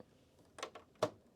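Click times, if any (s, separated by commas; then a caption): 1.0 s. A plastic LEGO brick section is pressed onto a building model from the front. A few faint taps and rustles at about 0.6 and 0.8 seconds lead up to one sharp, bright snap at 1.0 seconds as the section seats into place.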